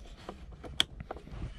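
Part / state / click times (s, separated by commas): adapter cable connector into the car's wiring harness plug / seated / 0.8 s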